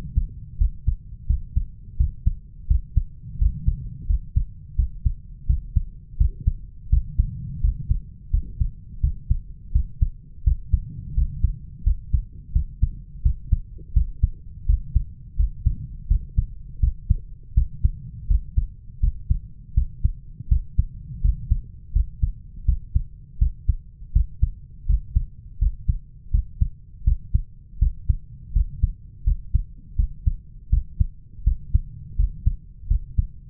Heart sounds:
heart sounds by stethoscope; 84 bpm
0.60 s: heartbeat
1.29 s: heartbeat
1.99 s: heartbeat
2.69 s: heartbeat
3.40 s: heartbeat
4.09 s: heartbeat
4.78 s: heartbeat
5.49 s: heartbeat
6.20 s: heartbeat
6.92 s: heartbeat
7.63 s: heartbeat
8.33 s: heartbeat
9.03 s: heartbeat
9.74 s: heartbeat
10.46 s: heartbeat
11.16 s: heartbeat
11.86 s: heartbeat
12.55 s: heartbeat
13.24 s: heartbeat
13.95 s: heartbeat
14.68 s: heartbeat
15.38 s: heartbeat
16.10 s: heartbeat
16.82 s: heartbeat
17.56 s: heartbeat
18.30 s: heartbeat
19.02 s: heartbeat
19.76 s: heartbeat
20.51 s: heartbeat
21.24 s: heartbeat
21.95 s: heartbeat
22.67 s: heartbeat
23.41 s: heartbeat
24.15 s: heartbeat
24.88 s: heartbeat
25.61 s: heartbeat
26.33 s: heartbeat
27.06 s: heartbeat
27.81 s: heartbeat
28.55 s: heartbeat
29.26 s: heartbeat
29.98 s: heartbeat
30.72 s: heartbeat
31.46 s: heartbeat
32.18 s: heartbeat
32.90 s: heartbeat
From the record:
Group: healthy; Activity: rest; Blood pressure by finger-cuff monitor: 132/82 mmHg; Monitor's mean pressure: 99 mmHg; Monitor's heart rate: 83 bpm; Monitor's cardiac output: 7 L/min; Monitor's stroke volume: 85 mL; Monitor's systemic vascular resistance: 1040 dyn s/cm5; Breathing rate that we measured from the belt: 17 breaths a minute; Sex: male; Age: 21 years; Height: 175 cm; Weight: 72.6 kg

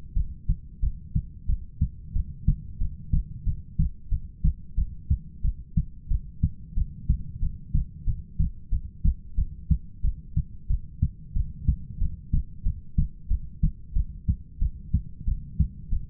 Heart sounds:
heart sounds by stethoscope; 91 bpm
0.15 s: heartbeat
0.82 s: heartbeat
1.48 s: heartbeat
2.15 s: heartbeat
2.80 s: heartbeat
3.46 s: heartbeat
4.11 s: heartbeat
4.77 s: heartbeat
5.43 s: heartbeat
6.10 s: heartbeat
6.76 s: heartbeat
7.41 s: heartbeat
8.06 s: heartbeat
8.71 s: heartbeat
9.37 s: heartbeat
10.03 s: heartbeat
10.69 s: heartbeat
11.35 s: heartbeat
12.00 s: heartbeat
12.65 s: heartbeat
13.30 s: heartbeat
13.95 s: heartbeat
14.61 s: heartbeat
15.26 s: heartbeat
15.91 s: heartbeat
From the record:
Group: heart failure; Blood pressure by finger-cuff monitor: 110/71 mmHg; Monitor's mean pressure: 84 mmHg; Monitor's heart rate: 91 bpm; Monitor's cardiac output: 7.8 L/min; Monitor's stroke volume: 85 mL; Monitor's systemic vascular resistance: 790 dyn s/cm5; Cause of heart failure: ischemic heart disease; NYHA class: 1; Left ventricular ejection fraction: 38%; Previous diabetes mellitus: present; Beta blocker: bisoprolol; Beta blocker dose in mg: 15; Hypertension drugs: sacubitril-valsartan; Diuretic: furosemide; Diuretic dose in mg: 20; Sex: male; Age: 33 years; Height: 172 cm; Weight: 78.5 kg

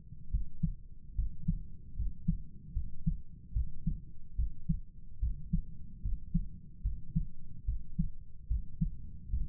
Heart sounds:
heart sounds by stethoscope; 73 bpm
0.30 s: heartbeat
1.15 s: heartbeat
1.95 s: heartbeat
2.73 s: heartbeat
3.53 s: heartbeat
4.36 s: heartbeat
5.19 s: heartbeat
6.02 s: heartbeat
6.82 s: heartbeat
7.65 s: heartbeat
8.48 s: heartbeat
9.30 s: heartbeat
From the record:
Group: healthy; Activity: rest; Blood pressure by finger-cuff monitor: 91/54 mmHg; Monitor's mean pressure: 68 mmHg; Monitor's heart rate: 73 bpm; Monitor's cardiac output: 7.1 L/min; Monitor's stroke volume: 95 mL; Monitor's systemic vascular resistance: 660 dyn s/cm5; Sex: male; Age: 35 years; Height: 180 cm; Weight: 86.9 kg

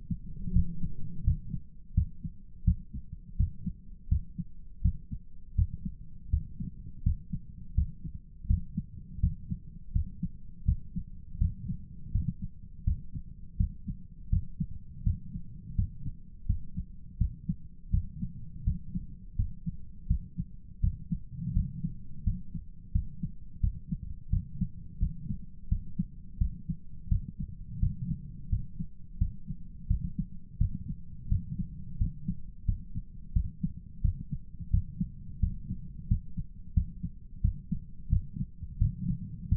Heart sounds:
heart sounds by stethoscope; 85 bpm
0.52 s: heartbeat
1.23 s: heartbeat
1.93 s: heartbeat
2.64 s: heartbeat
3.36 s: heartbeat
4.08 s: heartbeat
4.81 s: heartbeat
5.54 s: heartbeat
6.29 s: heartbeat
7.02 s: heartbeat
7.74 s: heartbeat
8.46 s: heartbeat
9.19 s: heartbeat
9.92 s: heartbeat
10.64 s: heartbeat
11.37 s: heartbeat
12.11 s: heartbeat
12.83 s: heartbeat
13.56 s: heartbeat
14.29 s: heartbeat
15.02 s: heartbeat
15.75 s: heartbeat
16.45 s: heartbeat
17.17 s: heartbeat
17.90 s: heartbeat
18.63 s: heartbeat
19.35 s: heartbeat
20.07 s: heartbeat
20.80 s: heartbeat
21.52 s: heartbeat
22.23 s: heartbeat
22.91 s: heartbeat
23.60 s: heartbeat
24.29 s: heartbeat
24.99 s: heartbeat
25.68 s: heartbeat
26.38 s: heartbeat
27.08 s: heartbeat
27.79 s: heartbeat
28.49 s: heartbeat
29.18 s: heartbeat
29.87 s: heartbeat
30.57 s: heartbeat
31.28 s: heartbeat
31.97 s: heartbeat
32.65 s: heartbeat
33.32 s: heartbeat
34.01 s: heartbeat
34.70 s: heartbeat
35.39 s: heartbeat
36.07 s: heartbeat
36.73 s: heartbeat
37.41 s: heartbeat
38.09 s: heartbeat
38.78 s: heartbeat
39.48 s: heartbeat
From the record:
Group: healthy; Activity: rest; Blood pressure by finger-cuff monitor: 124/76 mmHg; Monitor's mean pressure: 90 mmHg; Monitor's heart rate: 85 bpm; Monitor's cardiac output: 8.2 L/min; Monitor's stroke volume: 97 mL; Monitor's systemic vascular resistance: 810 dyn s/cm5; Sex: male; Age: 57 years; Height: 188 cm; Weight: 106 kg

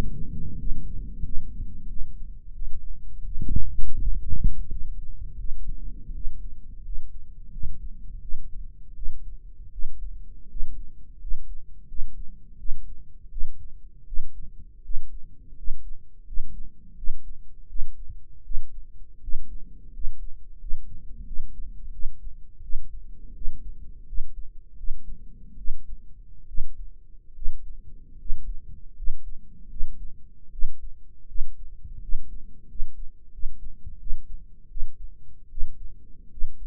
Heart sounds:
heart sounds by microphone in the right ear; 82 bpm
0.57 s: heartbeat
1.23 s: heartbeat
1.88 s: heartbeat
2.53 s: heartbeat
3.24 s: heartbeat
4.00 s: heartbeat
4.70 s: heartbeat
5.37 s: heartbeat
6.13 s: heartbeat
6.83 s: heartbeat
7.51 s: heartbeat
8.20 s: heartbeat
8.95 s: heartbeat
9.71 s: heartbeat
10.49 s: heartbeat
11.19 s: heartbeat
11.87 s: heartbeat
12.57 s: heartbeat
13.29 s: heartbeat
14.05 s: heartbeat
14.82 s: heartbeat
15.55 s: heartbeat
16.25 s: heartbeat
16.96 s: heartbeat
17.67 s: heartbeat
18.43 s: heartbeat
19.21 s: heartbeat
19.92 s: heartbeat
20.59 s: heartbeat
21.25 s: heartbeat
21.91 s: heartbeat
22.62 s: heartbeat
23.34 s: heartbeat
24.06 s: heartbeat
24.76 s: heartbeat
25.57 s: heartbeat
26.47 s: heartbeat
27.34 s: heartbeat
28.18 s: heartbeat
28.95 s: heartbeat
29.69 s: heartbeat
30.51 s: heartbeat
31.27 s: heartbeat
32.01 s: heartbeat
32.67 s: heartbeat
33.31 s: heartbeat
33.99 s: heartbeat
34.69 s: heartbeat
35.49 s: heartbeat
36.30 s: heartbeat
From the record:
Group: healthy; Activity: rest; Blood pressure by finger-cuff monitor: 167/109 mmHg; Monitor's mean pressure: 124 mmHg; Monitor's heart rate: 84 bpm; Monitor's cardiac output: 7.1 L/min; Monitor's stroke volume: 84 mL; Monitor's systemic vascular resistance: 1290 dyn s/cm5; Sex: male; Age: 23 years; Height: 179 cm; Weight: 87 kg

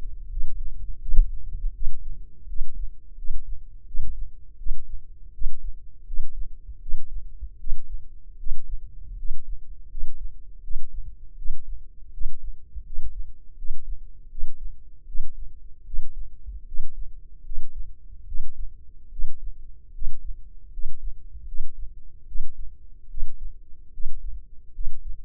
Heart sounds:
heart sounds by microphone in the left ear; 79 bpm
0.28 s: heartbeat
0.99 s: heartbeat
1.72 s: heartbeat
2.47 s: heartbeat
3.15 s: heartbeat
3.85 s: heartbeat
4.57 s: heartbeat
5.32 s: heartbeat
6.05 s: heartbeat
6.79 s: heartbeat
7.57 s: heartbeat
8.37 s: heartbeat
9.16 s: heartbeat
9.88 s: heartbeat
10.61 s: heartbeat
11.35 s: heartbeat
12.11 s: heartbeat
12.83 s: heartbeat
13.56 s: heartbeat
14.28 s: heartbeat
15.05 s: heartbeat
15.84 s: heartbeat
16.65 s: heartbeat
17.43 s: heartbeat
18.25 s: heartbeat
19.09 s: heartbeat
19.92 s: heartbeat
20.70 s: heartbeat
21.45 s: heartbeat
22.25 s: heartbeat
23.08 s: heartbeat
23.91 s: heartbeat
24.72 s: heartbeat
From the record:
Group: healthy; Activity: rest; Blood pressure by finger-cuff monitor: 121/68 mmHg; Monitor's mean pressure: 87 mmHg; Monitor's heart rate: 79 bpm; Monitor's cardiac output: 7.2 L/min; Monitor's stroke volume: 92 mL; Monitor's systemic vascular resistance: 850 dyn s/cm5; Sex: male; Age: 21 years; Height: 180 cm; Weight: 67.5 kg

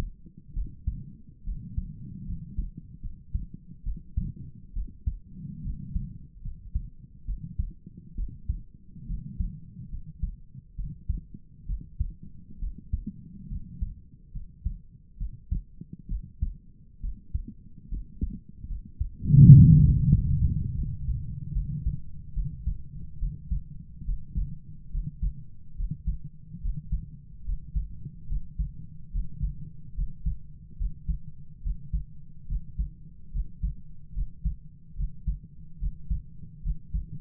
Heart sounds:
heart sounds by stethoscope; 72 bpm
0.55 s: heartbeat
1.45 s: heartbeat
2.26 s: heartbeat
3.02 s: heartbeat
3.84 s: heartbeat
4.74 s: heartbeat
5.63 s: heartbeat
6.43 s: heartbeat
7.26 s: heartbeat
8.16 s: heartbeat
9.07 s: heartbeat
9.91 s: heartbeat
10.77 s: heartbeat
11.67 s: heartbeat
12.60 s: heartbeat
13.49 s: heartbeat
14.33 s: heartbeat
15.19 s: heartbeat
16.09 s: heartbeat
17.01 s: heartbeat
17.90 s: heartbeat
18.68 s: heartbeat
19.44 s: heartbeat
20.11 s: heartbeat
20.76 s: heartbeat
21.53 s: heartbeat
22.34 s: heartbeat
23.19 s: heartbeat
24.05 s: heartbeat
24.91 s: heartbeat
25.76 s: heartbeat
26.61 s: heartbeat
27.45 s: heartbeat
28.28 s: heartbeat
29.11 s: heartbeat
29.95 s: heartbeat
30.77 s: heartbeat
31.62 s: heartbeat
32.48 s: heartbeat
33.32 s: heartbeat
34.14 s: heartbeat
34.96 s: heartbeat
35.79 s: heartbeat
36.63 s: heartbeat
From the record:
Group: healthy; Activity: rest 0-28 s, breath hold 28-37 s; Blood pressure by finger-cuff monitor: 103/49 mmHg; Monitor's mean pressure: 67 mmHg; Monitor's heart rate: 71 bpm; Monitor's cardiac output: 7.3 L/min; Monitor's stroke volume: 105 mL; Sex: female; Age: 22 years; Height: 160 cm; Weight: 63 kg

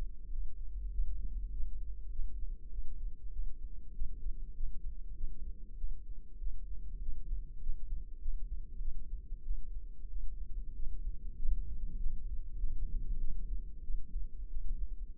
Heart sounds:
heart sounds by microphone in the left ear; 97 bpm
0.30 s: heartbeat
0.91 s: heartbeat
1.51 s: heartbeat
2.10 s: heartbeat
2.70 s: heartbeat
3.31 s: heartbeat
3.93 s: heartbeat
4.54 s: heartbeat
5.15 s: heartbeat
5.76 s: heartbeat
6.38 s: heartbeat
7.00 s: heartbeat
7.60 s: heartbeat
8.19 s: heartbeat
8.79 s: heartbeat
9.43 s: heartbeat
10.08 s: heartbeat
10.74 s: heartbeat
11.37 s: heartbeat
11.98 s: heartbeat
12.58 s: heartbeat
13.19 s: heartbeat
13.82 s: heartbeat
14.48 s: heartbeat
15.17 s: heartbeat
From the record:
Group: healthy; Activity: rest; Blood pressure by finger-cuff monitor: 131/69 mmHg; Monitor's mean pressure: 88 mmHg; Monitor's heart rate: 97 bpm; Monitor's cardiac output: 8.4 L/min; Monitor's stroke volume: 86 mL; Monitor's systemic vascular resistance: 770 dyn s/cm5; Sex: female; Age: 26 years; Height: 165 cm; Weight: 55 kg

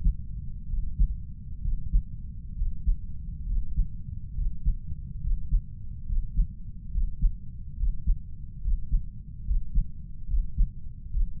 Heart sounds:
heart sounds by stethoscope; 69 bpm
0.67 s: heartbeat
1.62 s: heartbeat
2.55 s: heartbeat
3.46 s: heartbeat
4.35 s: heartbeat
5.21 s: heartbeat
6.06 s: heartbeat
6.91 s: heartbeat
7.76 s: heartbeat
8.61 s: heartbeat
9.44 s: heartbeat
10.27 s: heartbeat
11.10 s: heartbeat
From the record:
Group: healthy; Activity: Valsalva maneuver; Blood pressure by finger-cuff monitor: 112/51 mmHg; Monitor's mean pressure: 68 mmHg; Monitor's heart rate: 70 bpm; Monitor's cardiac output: 7 L/min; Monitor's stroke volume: 101 mL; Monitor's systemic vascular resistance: 700 dyn s/cm5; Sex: female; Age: 32 years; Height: 168 cm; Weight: 61.9 kg

